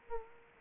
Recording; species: mosquito wingbeat signal from an infrared sensor; Aedes aegypti